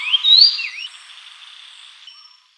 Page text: Grey-Cheeked Fulvetta Song, Quick Sounds